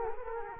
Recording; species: mosquito wingbeat signal from an infrared sensor; Culex quinquefasciatus